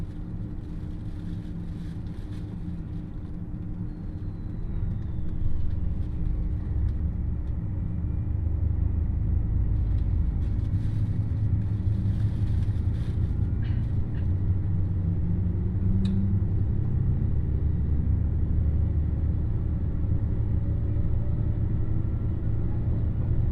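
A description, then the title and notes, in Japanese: A ride aboard the Nanpu No. 26 limited express on the Dosan Line, from Awa-Ikeda toward Tadotsu. A deep, steady rumble fills the whole clip, swelling slightly after five seconds, with a low droning hum and faint scattered clicks and squeaks above it. 土讃線特急南風26号 阿波池田→多度津。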